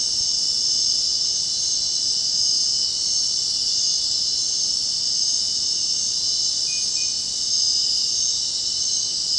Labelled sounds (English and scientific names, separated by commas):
none